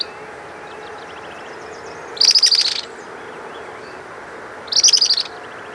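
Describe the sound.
Bird uttering two brief, high-pitched rattling bursts of fast notes about two and a half seconds apart, with constant low hiss behind.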